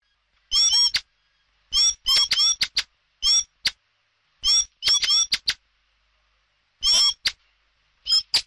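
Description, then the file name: Common blackbird uttering harsh, squeaky call notes in tight groups, spaced by short silences. "Tieng chim hoet den keu"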